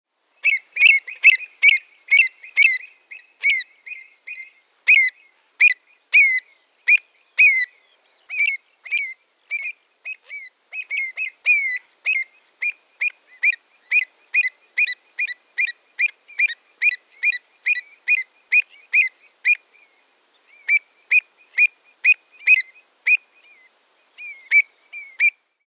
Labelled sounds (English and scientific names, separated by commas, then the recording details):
Pied Avocet (Recurvirostra avosetta)
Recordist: Tembrock, Günter
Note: Paar: Flugrufe